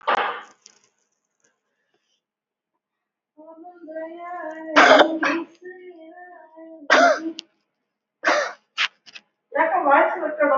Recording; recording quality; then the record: shallow voluntary cough; poor, much background noise or distortion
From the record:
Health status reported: recovered from COVID-19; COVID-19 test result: positive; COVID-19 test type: RT-PCR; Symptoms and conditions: loss of smell and taste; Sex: female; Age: 38 years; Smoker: no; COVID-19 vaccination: both doses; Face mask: not worn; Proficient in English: yes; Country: India